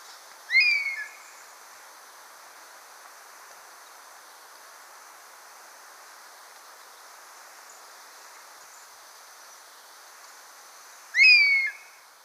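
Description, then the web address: Barred hawk uttering two short, sharply hooked whistled notes about ten seconds apart, with steady faint background hiss between them. Recorded in Ecuador. "Birds of Ecuador. Barred Hawk"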